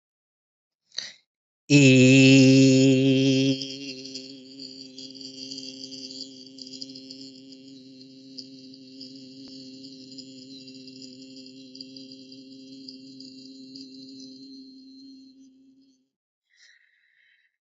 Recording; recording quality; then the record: sustained vowel as in beet; excellent, no background noise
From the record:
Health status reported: healthy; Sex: male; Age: 33 years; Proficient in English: yes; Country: United States